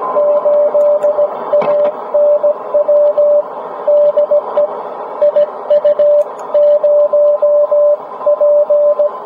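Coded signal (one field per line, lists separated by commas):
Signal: Morse code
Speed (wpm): 18 wpm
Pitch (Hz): 590 Hz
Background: music, radio noise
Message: 8ANW DE IU0P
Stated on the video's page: Ragchew CW QSO ending under heavy QRM from military radar.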